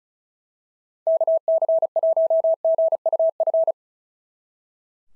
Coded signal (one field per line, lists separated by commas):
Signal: Morse code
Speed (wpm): 34 wpm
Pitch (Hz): 650 Hz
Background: none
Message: KC1GUF